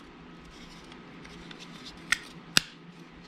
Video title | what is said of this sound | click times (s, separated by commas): Instructions - TRACK JACKS assembly | oh yeah you hear it click | 2.1 s, 2.6 s